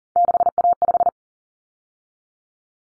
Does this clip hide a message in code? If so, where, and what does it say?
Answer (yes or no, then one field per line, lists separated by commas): yes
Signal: Morse code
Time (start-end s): 0.2-1.1 s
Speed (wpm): 40 wpm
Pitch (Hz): 700 Hz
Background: none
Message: 6A5